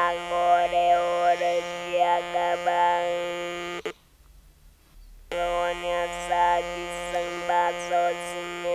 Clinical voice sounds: speech with an electrolarynx; modified device, with random pitch perturbation and pitch set by sex and age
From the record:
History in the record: total laryngectomy

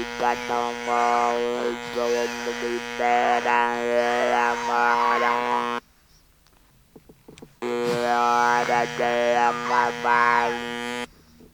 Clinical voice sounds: speech with an electrolarynx; conventional device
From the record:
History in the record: total laryngectomy

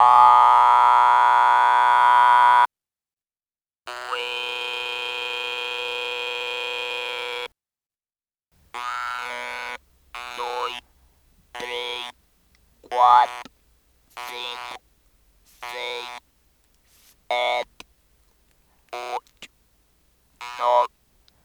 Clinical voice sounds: speech with an electrolarynx; conventional device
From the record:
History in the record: total laryngectomy

